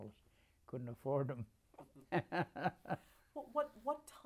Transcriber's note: laughs